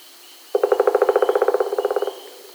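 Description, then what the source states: Pileated woodpecker calling a fast, even run of many loud, resonant notes lasting about one and a half seconds. Recorded 27 April 2007.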